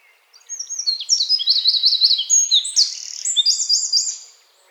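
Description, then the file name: Eurasian wren song: a rapid, high-pitched run of sharp notes and fast trills, with a rolling repeated phrase near the middle and a brisk trilled ending, lasting about four seconds. "Troglodytes troglodytes"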